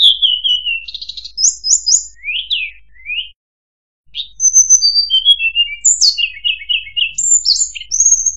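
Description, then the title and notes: Streaked spiderhunter song: a fast, varied run of high whistled notes, with descending slurs, short trills and sharp chirps. A brief pause falls midway. Bird-training recording of lively, clear, long singing. "Pijantung Gunung Gacor Jernih Panjang. Masteran burung"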